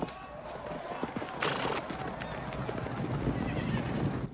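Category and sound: animal, horses galloping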